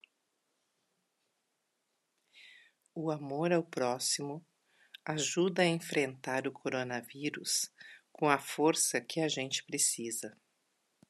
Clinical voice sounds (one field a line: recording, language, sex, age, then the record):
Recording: spoken sentence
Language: Brazilian Portuguese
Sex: female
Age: 50 to 59 years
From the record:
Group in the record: control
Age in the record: 57 years